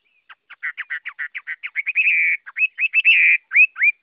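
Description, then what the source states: Chinese hwamei song: a series of quick slurred notes leading into sustained warbling whistles and upward-swept phrases. Song in the forest-voice style (giọng rừng).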